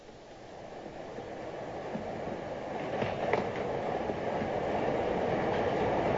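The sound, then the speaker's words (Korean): A train rumbles steadily along railway tracks, a broad continuous roar that slowly builds in loudness, with brief metallic rattles and faint clacks of the wheels around the middle. “그 주제를 뒷받침해주는 것이 바로 기차와 철도였습니다.”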